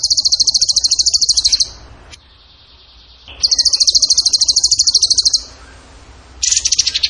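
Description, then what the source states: Bird song: piercing high trills of rapidly repeated notes, separated by pauses with a faint thin whistle. Masteran training recording of a bird singing in the gacor tembakan style.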